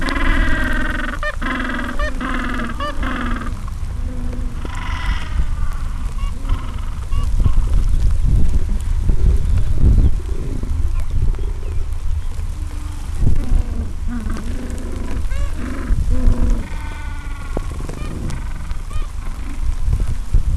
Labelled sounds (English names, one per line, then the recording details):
Gentoo Penguin
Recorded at the colony at Gold Harbour, on 26 December 2014
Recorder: Song Meter SM2+